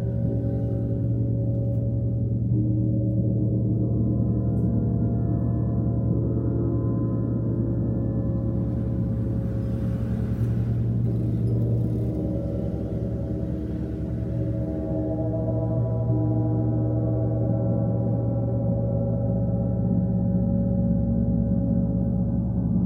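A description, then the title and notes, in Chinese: A gong bath makes a deep, sustained hum that never drops away, layered with many ringing overtones that swell and shift slowly. Around the middle the tone brightens with a shimmering wash before settling back into the steady low drone. 銅鑼浴Gong Bath。這段銅鑼音波是以iPad內建麥克風錄製而成。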